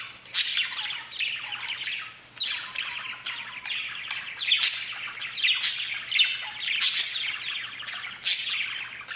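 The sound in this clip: Budgerigar chatter: a continuous stream of scratchy warbles and chirps, with sharper squawks bursting out now and then.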